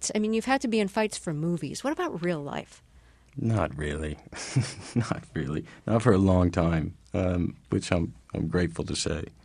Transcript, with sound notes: I mean you've had to be in fights for movies. What about real life?
Not really.
(SOUNDBITE OF LAUGHTER)
Not really. Not for a long time, which I'm grateful to say.